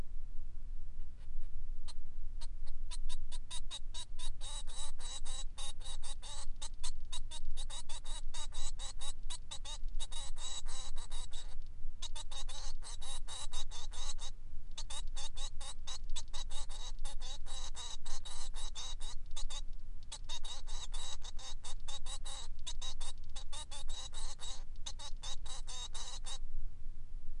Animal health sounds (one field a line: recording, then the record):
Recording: song of a male Bengalese finch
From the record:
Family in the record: son of father 3